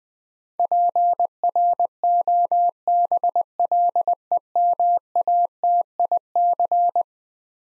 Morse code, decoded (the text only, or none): PROBLEMATIC